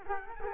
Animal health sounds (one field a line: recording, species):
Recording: mosquito wingbeat signal from an infrared sensor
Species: Culex quinquefasciatus